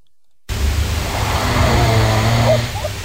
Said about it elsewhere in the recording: That was at 2:45 in the morning. I am unfortunately a snorer.